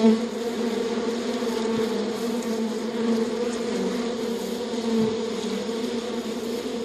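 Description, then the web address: Bee buzzing, a continuous low hum with slight rises and falls in loudness throughout. "dzwieki natury pszczoly"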